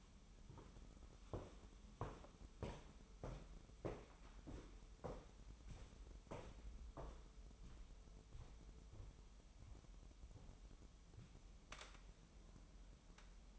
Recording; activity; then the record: daily activity, microphone in the room; walk to room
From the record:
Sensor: 1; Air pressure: 988.3 hPa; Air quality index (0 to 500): 197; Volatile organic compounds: 994 ppm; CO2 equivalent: 5275 ppm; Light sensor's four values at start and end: 26/97/37/38 and 26/97/37/39